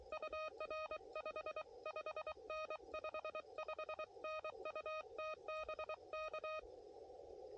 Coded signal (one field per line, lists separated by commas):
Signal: Morse code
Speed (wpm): 23 wpm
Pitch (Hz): 1250 Hz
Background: none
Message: UR 55N 55N UT BK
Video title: QRP CW POTA US-11197